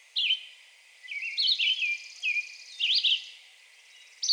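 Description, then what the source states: Red-eyed Vireo song: short slurred whistled phrases with uneven gaps. Recorded 2020-06-02.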